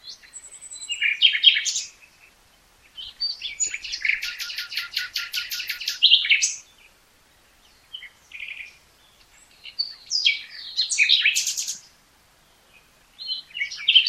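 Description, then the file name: Common nightingale song: a long, fast, pulsing rattle lasting several seconds, framed by shorter sweet and scratchy phrases. "Luscinia megarhynchos"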